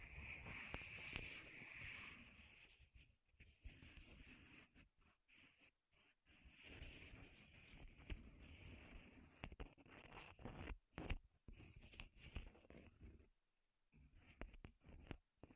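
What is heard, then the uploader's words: Wooden ASMR triggers: soft scratching and rubbing sounds come in uneven bursts, broken by several short silences. A thin, bright hiss rides through the first two seconds, and sharper taps and clicks stand out around the eleven- to thirteen-second mark. ASMR Wood Triggers in Your Ears (No Talking).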